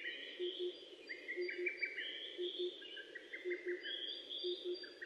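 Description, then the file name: Birdsong: several thin high phrases with quick stuttering notes, while low paired notes repeat regularly beneath a steady hum. Birdsong recorded 29 May 2004. "040529 saezuri"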